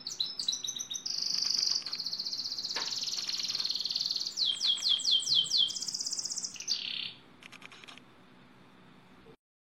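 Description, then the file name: Lizard canary song: a long bright rolling trill, then a run of quick descending sweeps and a buzzy high roll, ending abruptly into near silence. "canto do canario lizard"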